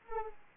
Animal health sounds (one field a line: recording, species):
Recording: mosquito wingbeat signal from an infrared sensor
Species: Anopheles arabiensis